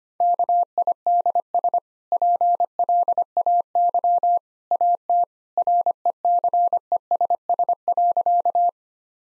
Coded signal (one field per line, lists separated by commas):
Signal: Morse code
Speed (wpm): 25 wpm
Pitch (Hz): 700 Hz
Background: none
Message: KIDS PLAY AT RECESS.